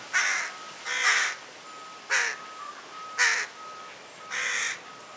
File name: Corvus corone